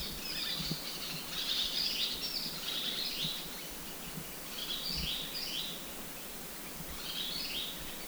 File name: Black Chinned Yuhina Sspunknown Group Call 120201 Guangxi Da Yao Shan